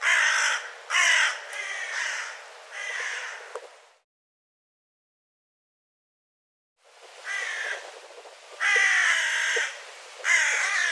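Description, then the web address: Bird giving harsh, raspy calls with rich overtones, several in quick succession, then silence for about three seconds before another burst of loud grating calls. "cianscape birddata Deverinetal 2025 File cleaned normalized Bird"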